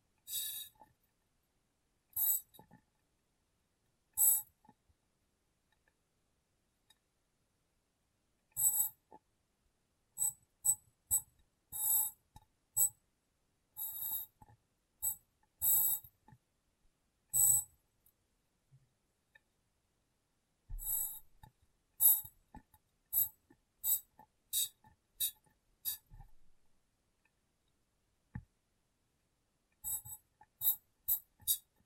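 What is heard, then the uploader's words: Glass being tapped in short, bright, ringing clinks that come in bursts, some in quick runs of several taps, others single, with quiet gaps between. The clusters are densest around the middle and near the end, and faint low knocks and rubbing sit underneath. ASMR Glass Brain Tapping & Cleaning (No Talking).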